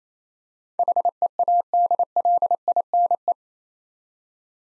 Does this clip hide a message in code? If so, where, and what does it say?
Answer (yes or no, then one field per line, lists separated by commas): yes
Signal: Morse code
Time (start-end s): 0.8-3.3 s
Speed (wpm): 28 wpm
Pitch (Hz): 700 Hz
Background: none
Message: HEADLINE